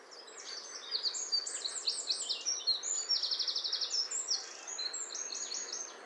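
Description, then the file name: Eurasian wren singing a long, energetic, high-pitched stream of rapid notes, including a dry mechanical trill, over a soft background hiss. "Troglodytes troglodytes"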